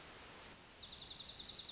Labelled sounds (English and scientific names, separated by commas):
Dark-eyed Junco (Junco hyemalis)